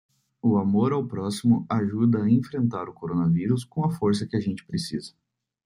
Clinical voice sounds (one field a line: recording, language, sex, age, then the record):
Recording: spoken sentence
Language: Brazilian Portuguese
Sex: male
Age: 20 to 29 years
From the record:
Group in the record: control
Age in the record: 24 years